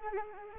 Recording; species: mosquito wingbeat signal from an infrared sensor; Anopheles arabiensis